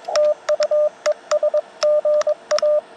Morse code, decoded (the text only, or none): TU ES GA